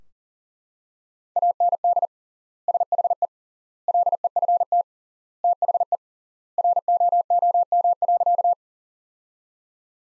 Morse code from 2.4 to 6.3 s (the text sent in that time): SHE LEFT THE